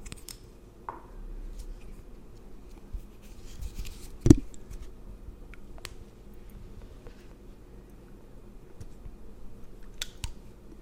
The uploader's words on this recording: Pampering Your Skin & Hair. Layered Sounds Tingly Sounds.